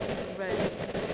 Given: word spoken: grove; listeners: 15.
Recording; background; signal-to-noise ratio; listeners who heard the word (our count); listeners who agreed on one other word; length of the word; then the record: one English word in noise, from a listening test; noise modulated by three-talker babble; -6.8 dB; 0 of 15; 8 of 15; 0.74 s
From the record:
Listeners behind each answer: 8, 2, 2, 2, 1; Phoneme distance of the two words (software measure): 17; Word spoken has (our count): 1 syllable, 4 phonemes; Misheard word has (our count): 1 syllable, 3 phonemes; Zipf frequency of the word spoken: 3.50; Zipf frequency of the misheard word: 5.28